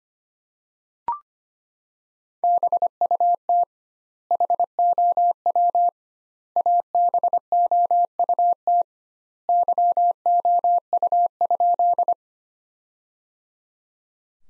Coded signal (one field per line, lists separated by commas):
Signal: Morse code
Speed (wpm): 25 wpm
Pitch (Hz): 700 Hz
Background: none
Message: BUT HOW ABOUT YOU?